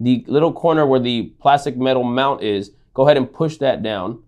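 A Kase clip-in ND filter with a plastic/metal frame is being pressed, corner by corner with a small guitar pick, into the sensor mount of a Sony Alpha full-frame mirrorless camera. Someone talks throughout. Nothing has seated or clicked yet.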